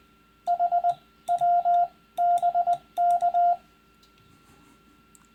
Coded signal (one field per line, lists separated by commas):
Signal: Morse code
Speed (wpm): 20 wpm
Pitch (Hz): 700 Hz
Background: none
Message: HW BK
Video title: First CW Contact - Last of the Hnts, blah blah. lol. Part 5 of x